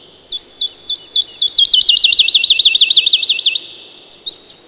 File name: жаворонок лесной